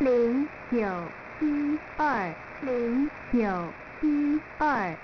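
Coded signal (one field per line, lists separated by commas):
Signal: numbers station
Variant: V13, Mandarin Chinese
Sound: a voice reading Chinese digits one by one at a steady, even pace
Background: radio static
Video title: V13 New Star Broadcasting Station 8169kHz Oct-16-2023 0200z Numbers Station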